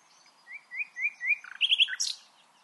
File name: Luscinia megarhynchos